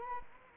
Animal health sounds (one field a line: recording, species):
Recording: mosquito wingbeat signal from an infrared sensor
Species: Anopheles gambiae